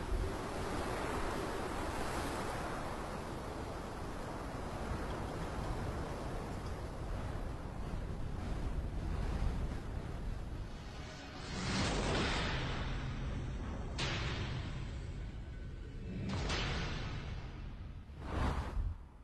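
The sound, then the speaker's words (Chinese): A thunder, wind and crashing-wave sound effect: a steady roar of wind and churning surf fills the whole stretch, then four sharp, loud crashing bursts break through at irregular intervals, like waves slamming or thunder cracking. No voices. “炮炸雷轰，电闪雷鸣，山呼海啸，啊，夜夜大风。”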